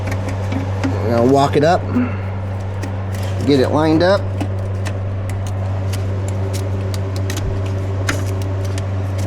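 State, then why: Seated. On a Mercedes CLA250 with a 7G-DCT transmission, a charge-air (boost) pipe quick coupling sprayed with silicone is walked up, lined up and pushed onto its plastic turbo/intercooler pipe fitting while someone talks over a steady low hum. Several small taps are heard as it is worked into place, and it clicks on at 8.1 s, confirming the coupling is seated.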